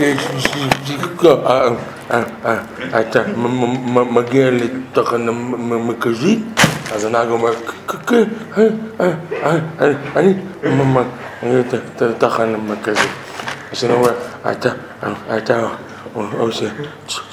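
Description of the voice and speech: An adult man speaking Hebrew acts out a stutter while telling a joke about a man who stutters as he speaks to a bus driver. His speech has repeated initial sounds and syllables, long drawn-out 'eh' fillers and halting restarts. This is imitated stuttering with sound and word repetitions and filler blocks, not a true fluency disorder.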